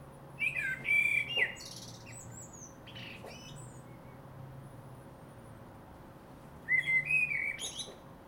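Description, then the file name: Common blackbird, one warbling phrase with high squeaky flourishes, a long quiet gap, then a second similar phrase near the end. "Turdus merula"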